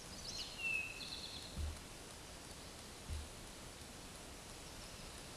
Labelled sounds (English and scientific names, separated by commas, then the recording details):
Eastern Towhee (Pipilo erythrophthalmus) song
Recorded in a Pennsylvania forest on 17 May 2023 at 13:25
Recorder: AudioMoth, point grid1_3_low
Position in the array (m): 45 m, 69 m